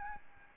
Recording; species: mosquito wingbeat signal from an infrared sensor; Aedes albopictus